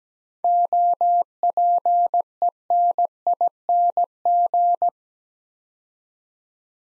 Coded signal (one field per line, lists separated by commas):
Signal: Morse code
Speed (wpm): 17 wpm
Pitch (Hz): 700 Hz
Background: none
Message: OPENING